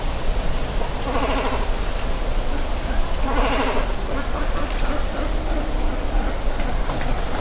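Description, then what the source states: Great cormorant calls: two harsh, bleating, gargled bursts about two seconds apart over a steady low rumble of background noise. Great cormorant colony beginning to nest at Hayashi, Ritto City, Shiga Prefecture, Japan; EM172 stereo mics fixed to a tree about 30 cm across, Sony ECM-M10 recorder.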